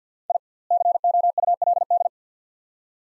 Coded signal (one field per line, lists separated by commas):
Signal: Morse code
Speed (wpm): 50 wpm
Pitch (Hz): 700 Hz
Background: none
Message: I COULD